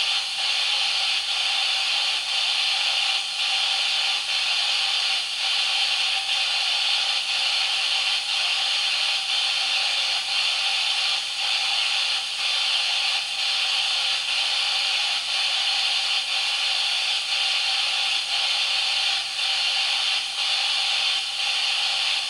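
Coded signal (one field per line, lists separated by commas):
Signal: radio time signal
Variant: DCF77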